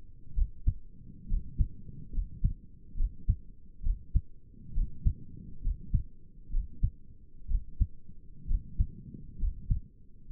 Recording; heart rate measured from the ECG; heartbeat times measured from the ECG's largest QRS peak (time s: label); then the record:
heart sounds by stethoscope; 66 bpm
0.36 s: heartbeat
1.29 s: heartbeat
2.14 s: heartbeat
2.98 s: heartbeat
3.84 s: heartbeat
4.75 s: heartbeat
5.64 s: heartbeat
6.52 s: heartbeat
7.49 s: heartbeat
8.48 s: heartbeat
9.40 s: heartbeat
10.31 s: heartbeat
From the record:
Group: healthy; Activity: rest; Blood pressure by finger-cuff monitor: 95/59 mmHg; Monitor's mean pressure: 71 mmHg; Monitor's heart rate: 66 bpm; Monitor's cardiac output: 6.2 L/min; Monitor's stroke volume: 91 mL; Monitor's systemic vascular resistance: 820 dyn s/cm5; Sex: male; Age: 22 years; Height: 181 cm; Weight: 79 kg